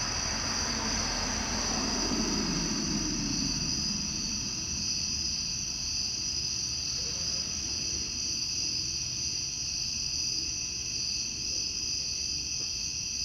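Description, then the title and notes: Cicadas keep up a continuous high buzzing drone while a car passes early on, its swelling whoosh fading after a few seconds. Outdoors in summer, with a car driving by. "Ext Cicadas, Car Driving By, Summer by Bandeto"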